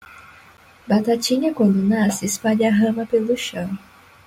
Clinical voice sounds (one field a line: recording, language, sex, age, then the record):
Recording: short text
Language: Brazilian Portuguese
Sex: female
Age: 20 to 29 years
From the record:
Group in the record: control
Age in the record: 21 years